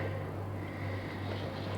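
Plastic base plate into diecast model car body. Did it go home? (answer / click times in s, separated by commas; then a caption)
no / none. A plastic base plate is pressed onto the metal body of a 1/64 Kyosho Ferrari 412 diecast model car, but it fails to snap in and no click is heard. A steady low hum with a faint band near 2 kHz runs through the clip. Nothing has seated or clicked yet, leaving one side of the base crooked.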